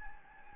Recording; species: mosquito wingbeat signal from an infrared sensor; Anopheles gambiae